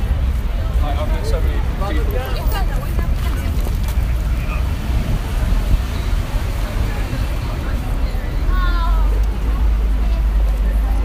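Walking on Times Square, a dense crowd murmur of many overlapping voices fills the scene without a break. A deep, steady rumble of traffic runs underneath throughout, and brief bright chirps or calls cut through near the start and again around eight seconds.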